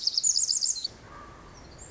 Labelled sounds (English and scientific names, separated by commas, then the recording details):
Pacific Wren (Troglodytes pacificus)
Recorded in Sonoma County, California